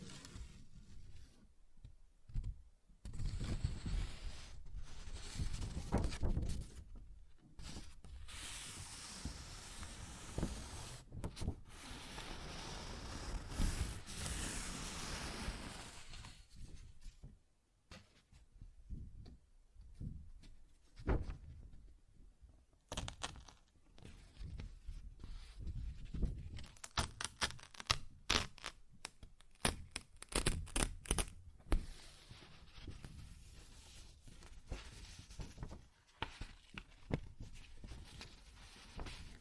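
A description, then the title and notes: Paper is torn and ripped in a long series of crackling, rustling strokes, some drawn out over a few seconds, others quick and choppy. The loudest, densest tearing comes around 10 to 16 seconds, with brief silent gaps between bursts, especially near 17 seconds. ASMR Paper Ripping Tearing Sounds (No Talking).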